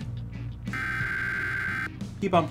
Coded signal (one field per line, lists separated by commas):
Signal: Emergency Alert System (SAME) tones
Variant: header bursts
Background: speech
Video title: [READ DESC] How To Make An EAS Mock!